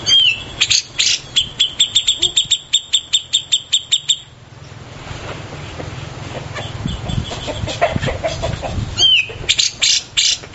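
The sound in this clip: Grey-cheeked Bulbul uttering a string of rapid, crackling chips with a few whistled upslurs, then a lull of low background noise before the chipping and whistles return.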